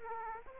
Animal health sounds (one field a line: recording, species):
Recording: mosquito wingbeat signal from an infrared sensor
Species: Aedes aegypti